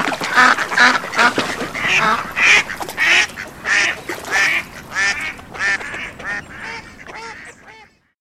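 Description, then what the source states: Ducks quacking in a rapid, loud series, many nasal quacks overlapping at roughly one or two per second, gradually fading before stopping. Phone ringtone; countryside, standing with feet in the mud.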